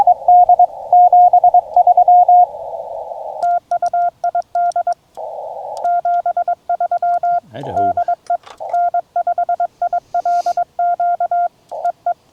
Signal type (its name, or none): Morse code